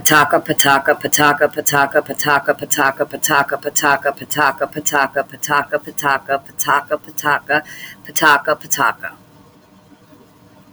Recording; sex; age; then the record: repeated syllables /pa ta ka/; female; 50 to 59 years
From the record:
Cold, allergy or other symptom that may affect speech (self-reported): no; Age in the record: 57 years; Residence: Florida, United States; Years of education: 14